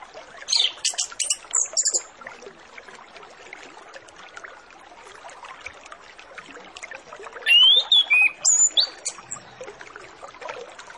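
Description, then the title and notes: Orange-headed Thrush song: a short burst of high whistled phrases early, a long stretch of hiss, then a second louder run of sweeping whistles. Lure song of full 'isian' filler notes, to prompt orange-headed thrushes to sing quickly and fully. "Masteran Anis Kembang Full Isian Untuk Suara Pancingan Anis Kembang Agar Cepat Ngeplong. Suara Burung Anis Kembang"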